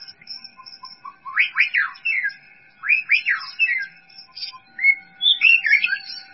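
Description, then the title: White-rumped shama song: bursts of loud, fast, rising and falling whistled notes in short phrases, with quieter twittering between them and a steady faint tone underneath. "Kicau Murai Batu"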